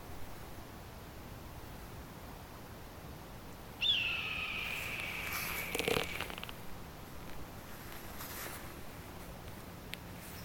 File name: red tailed hawk